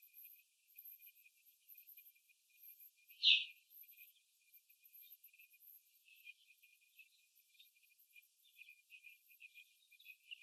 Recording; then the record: young laying hens in a cage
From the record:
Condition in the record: after the stressor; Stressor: simulated dog barking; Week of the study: 3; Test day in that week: 2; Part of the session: 1